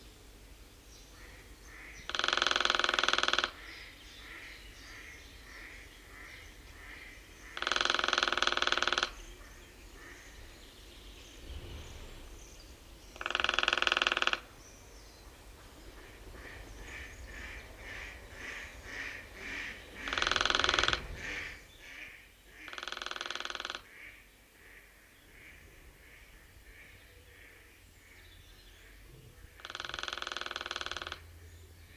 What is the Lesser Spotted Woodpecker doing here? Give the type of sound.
drumming